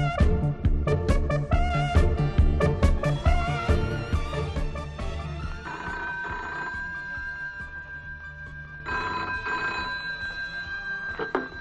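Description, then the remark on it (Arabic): A telephone rings in rapid, jangling bursts for several seconds, then gives way to steadier sustained tones. No one speaks. “ايوه، تليفون.”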